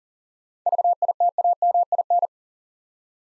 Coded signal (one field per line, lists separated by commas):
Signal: Morse code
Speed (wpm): 39 wpm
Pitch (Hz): 700 Hz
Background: none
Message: VITAMIN